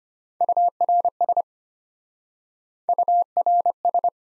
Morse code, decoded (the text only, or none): URS URS